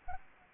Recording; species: mosquito wingbeat signal from an infrared sensor; Anopheles gambiae